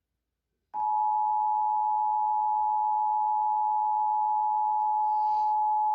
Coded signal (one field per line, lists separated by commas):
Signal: Emergency Alert System (SAME) tones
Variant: 853 and 960 Hz attention tone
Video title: Iowa EAS Required Monthly Test (March 4, 2020)